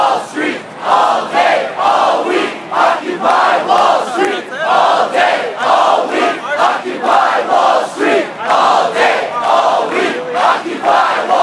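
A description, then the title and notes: A crowd is fired up and loud, many voices shouting together in dense, overlapping bursts. The roar swells and dips every second or so without letting up for the full eleven seconds, bright, with chant-like pulses rising from the mass. Crowd here getting super fired up (and loud) #occupywallst.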